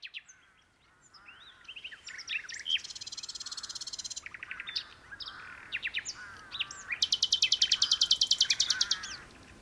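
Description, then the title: Common nightingale song, mechanical-sounding rapid trills and repeated notes in fast series, with a long loud rattling phrase near the end. Two nightingales singing in a duet on Westleton Heath. "sanderson nightingale-duet-on-westleton-heath"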